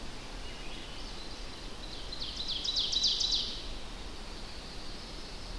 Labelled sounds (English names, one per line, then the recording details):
Ovenbird song
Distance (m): 45 m
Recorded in boreal forest in Alberta, Canada, on 25 June 2016 at 08:10
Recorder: SongMeter 3, array SBT-6-76
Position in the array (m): 298 m, 81 m
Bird 1